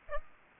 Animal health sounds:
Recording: mosquito wingbeat signal from an infrared sensor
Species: Aedes aegypti

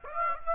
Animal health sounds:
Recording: mosquito wingbeat signal from an infrared sensor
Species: Aedes aegypti

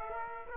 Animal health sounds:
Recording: mosquito wingbeat signal from an infrared sensor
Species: Aedes aegypti

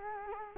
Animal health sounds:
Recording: mosquito wingbeat signal from an infrared sensor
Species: Culex quinquefasciatus

